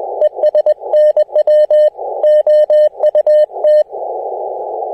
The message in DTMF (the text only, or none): none